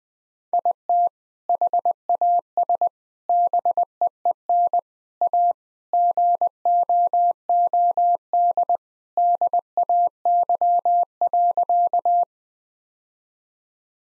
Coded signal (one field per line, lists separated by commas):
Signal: Morse code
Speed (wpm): 19 wpm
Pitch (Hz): 700 Hz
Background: none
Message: IT HAS BEEN A GOOD DAY.